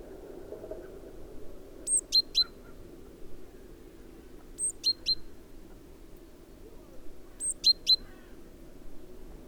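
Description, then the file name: Great tit giving short clusters of two or three very high, thin notes dropping in pitch, the clusters spaced about three seconds apart over faint hum. "Parus major"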